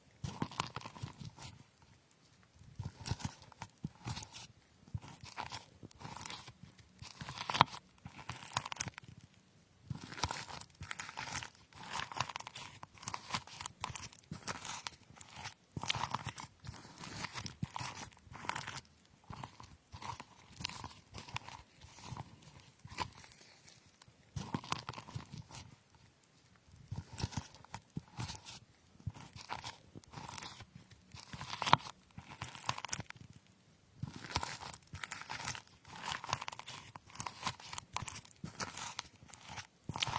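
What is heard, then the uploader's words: Strawberries are cut with a knife, a steady run of quick, crisp taps and soft slicing sounds on a board. Bursts of cutting come in clusters with brief pauses around 2, 9, 24 and 33 seconds, and a faint low hum sits underneath throughout. Cutting fruits like strawberries.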